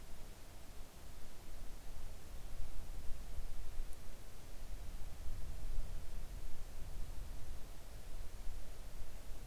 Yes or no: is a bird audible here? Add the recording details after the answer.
no. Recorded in the Arctic National Wildlife Refuge, Alaska, on 3 August 2019 at 05:25. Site 41